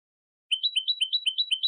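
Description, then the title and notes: European goldfinch song phrase of quick two-part rising chirps repeated rapidly in an even rhythm, high-pitched, nothing else heard. Clean goldfinch song from a CD, for copying in song training. "Cd Jilguero. Cd de canto de jilguero limpio para copia"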